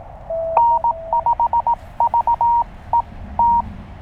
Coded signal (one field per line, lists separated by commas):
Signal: Morse code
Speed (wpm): 18 wpm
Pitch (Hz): 940 Hz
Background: none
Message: N5VET